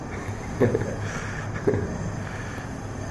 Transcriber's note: chuckles